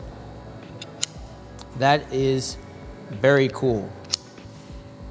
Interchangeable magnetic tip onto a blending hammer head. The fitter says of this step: add-ons that you put so that the tips just snap into place